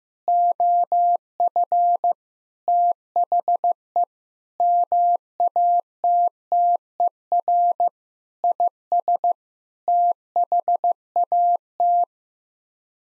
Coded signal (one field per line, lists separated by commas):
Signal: Morse code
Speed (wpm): 15 wpm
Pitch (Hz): 700 Hz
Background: none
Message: OF THE MATTER IS THAT